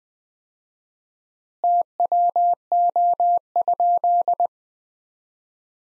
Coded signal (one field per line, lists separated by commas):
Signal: Morse code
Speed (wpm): 20 wpm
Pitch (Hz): 700 Hz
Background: none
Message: TWO?